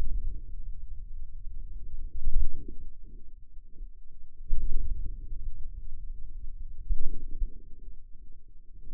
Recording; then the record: forearm muscle sounds (acoustic myography)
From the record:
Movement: wrist flexion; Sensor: system 2, bracelet of six BSWA MPA416 microphones around the upper forearm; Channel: 5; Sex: male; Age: 22 years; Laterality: right